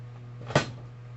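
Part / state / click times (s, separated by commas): pressure canner lid onto canner pot / seated / 0.6 s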